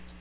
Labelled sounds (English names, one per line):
Magnolia Warbler flight call